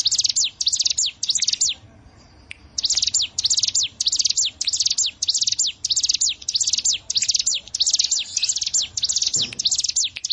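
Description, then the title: Bar-winged prinia song of high, sharp descending notes in quick repeated clusters, briefly breaking off after two seconds, then carrying on steadily. "Ciblek Sawah"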